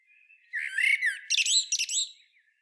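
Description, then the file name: Common blackbird singing: faint thin notes, then a loud mellow warbled phrase followed by a high, scratchy twittering flourish. "Turdus merula"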